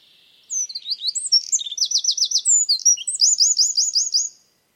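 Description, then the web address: Bird song, a high, rapid phrase of thin whistles and quick repeated down-slurred notes in trilled bursts, lasting about four seconds against silence. "cianscape birddata Deverinetal 2025"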